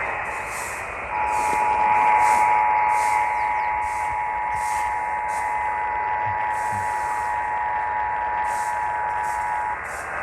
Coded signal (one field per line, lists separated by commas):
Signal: Emergency Alert System (SAME) tones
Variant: 853 and 960 Hz attention tone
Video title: GOOD OL’ 15! (Sacramento Valley/Sierra Nevada Foothills Monthly EAS Test from 7/3/23) (EAS #1,032)